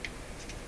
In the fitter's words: until it clicks into place